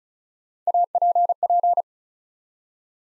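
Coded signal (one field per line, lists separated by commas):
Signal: Morse code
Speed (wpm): 36 wpm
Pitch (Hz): 700 Hz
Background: none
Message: APP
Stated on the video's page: Build-a-word Morse practice at 35 wpm: 3-letter words copied one letter at a time for instant character recognition.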